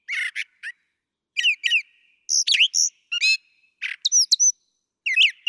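Brown thrasher delivering varied song phrases: a scratchy chatter, paired chirps, bright whistled slurs and a rasping note, most phrases sung twice in quick succession.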